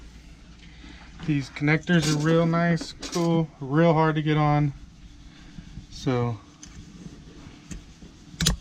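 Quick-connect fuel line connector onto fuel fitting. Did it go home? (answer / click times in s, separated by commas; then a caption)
yes / 8.4 s, 8.5 s. A quick-connect fuel line connector is pushed onto its fuel fitting while an AirDog lift pump is installed in place of the stock lift pump on a 24v Cummins diesel skoolie bus. Someone talks, then after a quieter stretch with faint small taps, two sharp clicks at 8.4 and 8.5 seconds mark the connector seating on the fitting.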